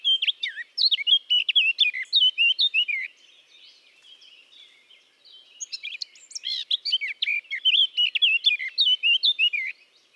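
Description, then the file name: Eurasian blackcap song in two bursts of rapid, chattering warbled notes, separated by a quiet gap of roughly three seconds. "Sylvia atricapilla"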